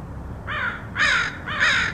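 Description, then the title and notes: Crow giving three harsh, nasal caws, the last two louder, over a faint low hum. Crows recorded in Portland, Oregon, in August 2003. "Crows of Portland. Crows recorded by Dan Bodah in Portland, OR, August 2003"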